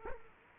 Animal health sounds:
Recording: mosquito wingbeat signal from an infrared sensor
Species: Culex quinquefasciatus

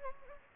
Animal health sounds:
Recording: mosquito wingbeat signal from an infrared sensor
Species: Anopheles gambiae

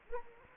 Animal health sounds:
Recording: mosquito wingbeat signal from an infrared sensor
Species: Culex quinquefasciatus

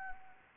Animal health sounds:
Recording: mosquito wingbeat signal from an infrared sensor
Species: Anopheles arabiensis

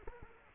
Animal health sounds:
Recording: mosquito wingbeat signal from an infrared sensor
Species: Culex quinquefasciatus

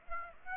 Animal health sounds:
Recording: mosquito wingbeat signal from an infrared sensor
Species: Aedes aegypti

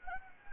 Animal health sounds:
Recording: mosquito wingbeat signal from an infrared sensor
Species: Anopheles gambiae

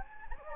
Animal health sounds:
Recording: mosquito wingbeat signal from an infrared sensor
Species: Anopheles gambiae

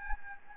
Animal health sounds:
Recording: mosquito wingbeat signal from an infrared sensor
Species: Anopheles gambiae

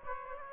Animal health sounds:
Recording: mosquito wingbeat signal from an infrared sensor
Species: Aedes aegypti

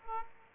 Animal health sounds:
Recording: mosquito wingbeat signal from an infrared sensor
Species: Aedes aegypti

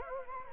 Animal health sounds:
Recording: mosquito wingbeat signal from an infrared sensor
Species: Anopheles gambiae

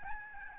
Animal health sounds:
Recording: mosquito wingbeat signal from an infrared sensor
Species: Aedes albopictus

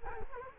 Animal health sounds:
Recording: mosquito wingbeat signal from an infrared sensor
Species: Culex quinquefasciatus

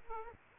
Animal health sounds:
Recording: mosquito wingbeat signal from an infrared sensor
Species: Aedes aegypti

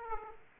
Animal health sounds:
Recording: mosquito wingbeat signal from an infrared sensor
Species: Aedes aegypti

